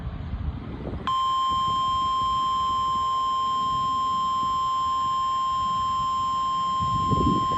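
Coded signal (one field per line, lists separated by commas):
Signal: Emergency Alert System (SAME) tones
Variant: 1050 Hz attention tone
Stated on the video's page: Required weekly test received on NOAA Weather Radio, 162.425 MHz, transmitter WWG90.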